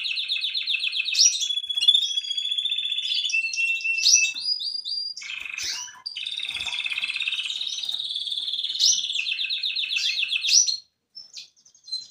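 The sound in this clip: Canary song, a long continuous run of rapid trills and rolling warbles at high pitch, shifting between buzzy and liquid phrases, ending with brief softer notes.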